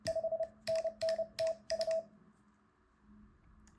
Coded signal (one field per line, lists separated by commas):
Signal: Morse code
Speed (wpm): 30 wpm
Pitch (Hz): 650 Hz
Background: none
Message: 5NN TU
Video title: Morse Code Quickstart Guide - Links in the description